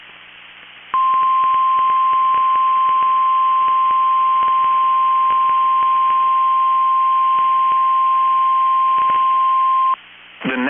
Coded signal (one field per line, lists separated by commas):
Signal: Emergency Alert System (SAME) tones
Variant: 1050 Hz attention tone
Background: speech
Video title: EAS Timeline: Destructive Storms Pound the Twin Cities and Minnesota State Fair | NOAA Weather Radio